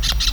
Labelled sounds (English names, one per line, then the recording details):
Brown-throated Parakeet contact call
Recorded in Venezuela
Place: Tumeremo, Edo. Bolívar
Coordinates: 7.209, -61.364